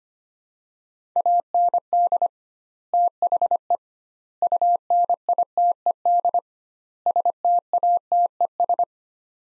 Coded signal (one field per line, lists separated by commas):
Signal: Morse code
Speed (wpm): 25 wpm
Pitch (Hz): 700 Hz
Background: none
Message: AND THE UNITED STATES